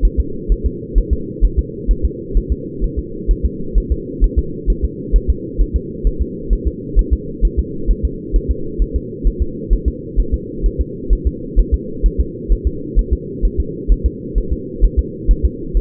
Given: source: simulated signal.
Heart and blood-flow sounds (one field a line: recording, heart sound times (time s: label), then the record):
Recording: fetal heart sounds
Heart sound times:
0.05 s: S1
0.20 s: S2
0.52 s: S1
0.66 s: S2
0.98 s: S1
1.13 s: S2
1.44 s: S1
1.59 s: S2
1.91 s: S1
2.05 s: S2
2.37 s: S1
2.52 s: S2
2.84 s: S1
2.99 s: S2
3.31 s: S1
3.45 s: S2
3.78 s: S1
3.92 s: S2
4.24 s: S1
4.39 s: S2
4.70 s: S1
4.85 s: S2
5.16 s: S1
5.30 s: S2
5.61 s: S1
5.76 s: S2
6.07 s: S1
6.22 s: S2
6.53 s: S1
6.67 s: S2
6.99 s: S1
7.13 s: S2
7.45 s: S1
7.59 s: S2
7.91 s: S1
8.05 s: S2
8.36 s: S1
8.51 s: S2
8.82 s: S1
8.96 s: S2
9.27 s: S1
9.42 s: S2
9.73 s: S1
9.88 s: S2
10.20 s: S1
10.34 s: S2
10.66 s: S1
10.81 s: S2
11.13 s: S1
11.27 s: S2
11.59 s: S1
11.74 s: S2
12.06 s: S1
12.20 s: S2
12.52 s: S1
12.67 s: S2
12.99 s: S1
13.13 s: S2
13.45 s: S1
13.60 s: S2
13.92 s: S1
14.06 s: S2
14.38 s: S1
14.53 s: S2
14.84 s: S1
14.99 s: S2
15.31 s: S1
15.45 s: S2
15.77 s: S1
From the record:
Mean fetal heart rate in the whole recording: 130 bpm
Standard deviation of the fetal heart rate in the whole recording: 2 bpm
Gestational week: 36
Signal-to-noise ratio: -4.3 dB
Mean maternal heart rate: 72 bpm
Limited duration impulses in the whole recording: absent